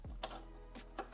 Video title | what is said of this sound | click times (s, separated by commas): LDO Voron Switchwire 3d Printer Build Part 4: Electronics | and snap in place yeah | 0.2 s